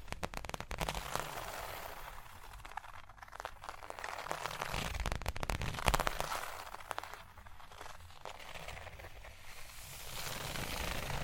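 Fingers tap, scratch and trace across a surface in a dry, crackly texture. Quick clusters of sharp taps come in the opening second and again around five to six seconds. Between them, softer bright scratching drifts in and out, growing again near the end.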